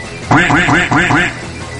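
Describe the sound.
A duck quacks five times in quick, even succession, each call a loud, nasal, harmonic honk with a rising-then-falling arc, then the sound stops.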